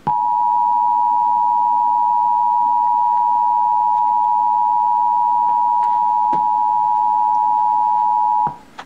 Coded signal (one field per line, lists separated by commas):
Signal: Emergency Alert System (SAME) tones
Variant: 853 and 960 Hz attention tone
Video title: Tornado Warning (EAS #685) (BLURRY)